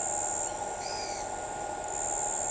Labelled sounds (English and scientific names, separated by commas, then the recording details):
Chestnut-winged Chachalaca (Ortalis garrula), Pale-eyed Pygmy Tyrant (Atalotriccus pilaris)
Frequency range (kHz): Pale-eyed Pygmy Tyrant (Atalotriccus pilaris) 2.3-8.6 kHz
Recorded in shrubland near Pivijay, Magdalena, Colombia, on 14 April 2023 at 06:00
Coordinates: 10.453, -74.365
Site P5-G022